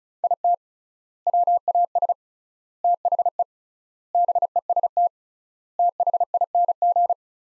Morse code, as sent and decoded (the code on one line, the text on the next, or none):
.. - / .-- .- ... / - .... . / -... . ... - / - .... .. -. --.
IT WAS THE BEST THING